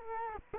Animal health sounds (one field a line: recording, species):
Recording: mosquito wingbeat signal from an infrared sensor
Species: Culex quinquefasciatus